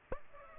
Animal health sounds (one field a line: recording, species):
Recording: mosquito wingbeat signal from an infrared sensor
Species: Aedes aegypti